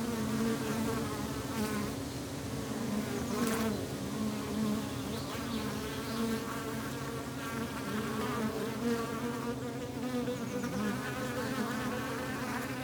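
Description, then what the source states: Bees keep up a continuous low drone, with wind and a few brief rustles breaking through. Bees in the countryside, with wind.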